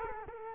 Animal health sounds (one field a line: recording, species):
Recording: mosquito wingbeat signal from an infrared sensor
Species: Culex quinquefasciatus